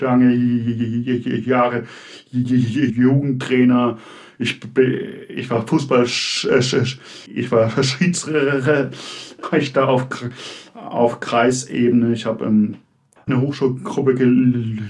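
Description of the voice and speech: A man in his mid-to-late 20s who stutters speaks German with prolonged sounds, repeated words and blocked restarts. He is personally affected by the stutter, which is a handicap in his working life.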